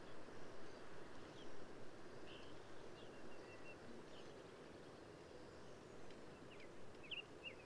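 Black-capped vireo singing scattered short, scratchy chirped phrases, a brighter burst near the end, against a constant low rumbling background.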